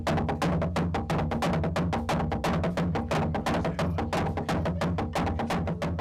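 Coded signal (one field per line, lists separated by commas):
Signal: drum signal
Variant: garamut slit drums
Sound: fast steady booming wooden drum strokes, about five per second, several drums overlapping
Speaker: as the sun sets, the enormous Garamuts announce the start of the ceremony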